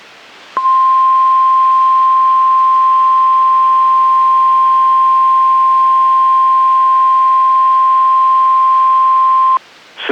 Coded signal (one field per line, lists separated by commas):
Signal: Emergency Alert System (SAME) tones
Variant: 1050 Hz attention tone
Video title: Severe Thunderstorm Watch (EAS #19)